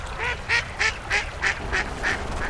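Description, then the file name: Waterfowl giving a rapid series of eight harsh quacks, roughly one every third of a second, with low background rumble. "Nature A 2008 Waterfowl"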